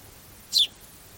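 Bird giving a single brief, high chirp that sweeps downward, heard once in the middle of a quiet stretch.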